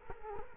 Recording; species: mosquito wingbeat signal from an infrared sensor; Culex quinquefasciatus